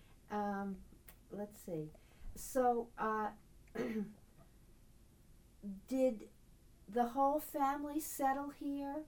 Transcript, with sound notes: uh-hmm. Let's see. So [clears throat] did the whole family settle here